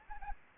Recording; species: mosquito wingbeat signal from an infrared sensor; Anopheles arabiensis